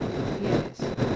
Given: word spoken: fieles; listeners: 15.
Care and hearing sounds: one Spanish word in noise, from a listening test; noise modulated by three-talker babble; -7.6 dB; 0 of 15; 7 of 15; 0.76 s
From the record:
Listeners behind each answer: 7, 2, 1, 1, 1, 1, 1, 1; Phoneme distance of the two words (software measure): 20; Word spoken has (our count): 2 syllables, 6 phonemes, stress on syllable 1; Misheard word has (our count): 2 syllables, 6 phonemes, stress on syllable 1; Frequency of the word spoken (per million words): 17.63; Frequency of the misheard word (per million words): 55.97

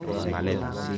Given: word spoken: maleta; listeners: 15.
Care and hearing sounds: one Spanish word in noise, from a listening test; eight-talker babble; -0.1 dB; 4 of 15; 6 of 15; 0.58 s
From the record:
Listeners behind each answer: 6, 4, 2, 1, 1, 1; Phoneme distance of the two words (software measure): 7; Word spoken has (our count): 3 syllables, 6 phonemes, stress on syllable 2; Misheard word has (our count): 3 syllables, 7 phonemes, stress on syllable 2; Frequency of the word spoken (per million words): 11.14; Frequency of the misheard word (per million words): 7.59

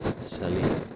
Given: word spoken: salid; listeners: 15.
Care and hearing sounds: one Spanish word in noise, from a listening test; noise modulated by three-talker babble; -3.7 dB; 1 of 15; 9 of 15; 0.56 s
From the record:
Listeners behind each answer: 9, 2, 1, 1, 1, 1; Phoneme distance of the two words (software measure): 10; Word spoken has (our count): 2 syllables, 5 phonemes, stress on syllable 2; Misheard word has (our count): 2 syllables, 5 phonemes, stress on syllable 2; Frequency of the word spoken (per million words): 0.27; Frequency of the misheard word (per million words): 147.13

